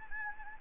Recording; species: mosquito wingbeat signal from an infrared sensor; Anopheles gambiae